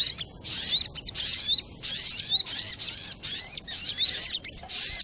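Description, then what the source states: Little spiderhunter song: loud, high chattering bursts with clear slurred whistled notes, separated by short silences. Masteran training recording of the song, labelled Labaik.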